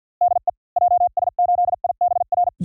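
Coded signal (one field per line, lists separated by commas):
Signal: Morse code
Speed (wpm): 50 wpm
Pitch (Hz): 710 Hz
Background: none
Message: DE JS8IBR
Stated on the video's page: Random Japanese call signs sent in Morse at speeds from 45 to 55 WPM, 400 calls, for training.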